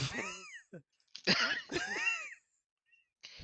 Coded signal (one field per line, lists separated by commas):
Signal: none